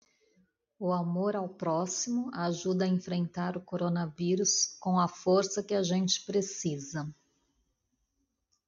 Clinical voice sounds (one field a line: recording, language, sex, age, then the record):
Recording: spoken sentence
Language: Brazilian Portuguese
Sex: female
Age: 50 to 59 years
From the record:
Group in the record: control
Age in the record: 51 years